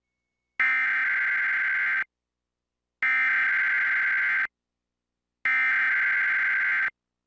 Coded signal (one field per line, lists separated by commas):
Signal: Emergency Alert System (SAME) tones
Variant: header bursts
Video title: LOGO HISTORY #501 - Xerox, Sky Uno, Sky TG24 & Emergency Alert System